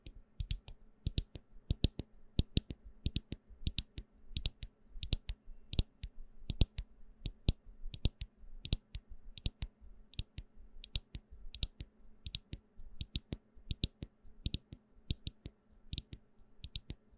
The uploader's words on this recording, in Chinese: 瓶瓶罐罐的撞擊.敲擊.抓撓。無人聲。